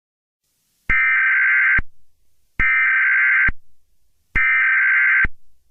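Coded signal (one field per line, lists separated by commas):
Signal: Emergency Alert System (SAME) tones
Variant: header bursts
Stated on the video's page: Simulated EAS scenario, reuploaded.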